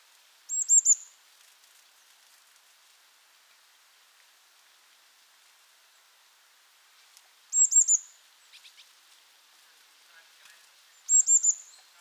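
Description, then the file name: Eurasian blue tit giving three brief high bursts of a few notes, several seconds apart, with faint soft sounds between them. "Cyanistes caeruleus"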